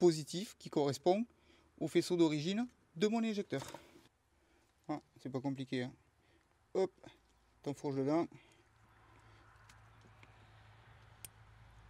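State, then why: Seated. A man talks for about eight seconds while the EcoFuelBox ethanol kit's harness connector is pushed onto the fuel injector's plastic connector. After a quieter stretch, a sharp click at 11.3 s marks the connector latching, confirming it is properly seated.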